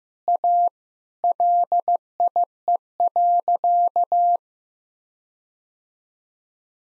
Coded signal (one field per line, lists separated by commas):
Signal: Morse code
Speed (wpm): 15 wpm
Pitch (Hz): 700 Hz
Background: none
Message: A LIE.